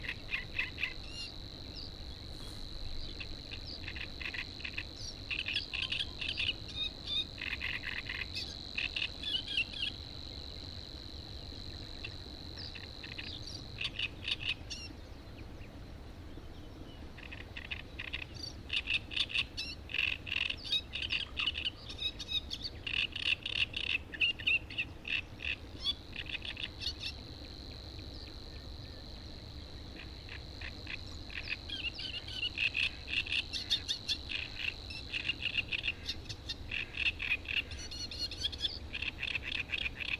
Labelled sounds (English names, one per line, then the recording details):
Great Reed Warbler song
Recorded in the wild
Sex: male
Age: adult
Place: Hobrechtsfelder Rieselfelder, Naturpark Barnim, Berlin, DE
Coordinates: 52.6678, 13.4708
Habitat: pond
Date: 2008-04-27
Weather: clear, ca. 10°C, no wind
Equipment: Sound Devices 702, Sennheiser MKH 70, Windkorb
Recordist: Frommolt, Karl-Heinz